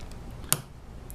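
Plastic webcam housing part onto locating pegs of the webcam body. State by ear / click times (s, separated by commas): seated / 0.5 s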